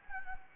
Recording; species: mosquito wingbeat signal from an infrared sensor; Anopheles gambiae